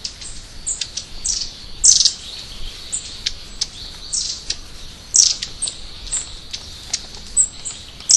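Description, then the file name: Long-tailed tit calls, thin high-pitched notes and short buzzy bursts given irregularly, with softer chirps scattered between them. "enaga"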